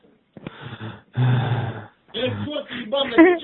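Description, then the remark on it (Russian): Heavy, excited breathing from a caller at night, heard through a tinny phone line: a few harsh, noisy breaths in quick succession, with a rough, groaning edge toward the end. “Он мне дышит возбужденно в трубку.”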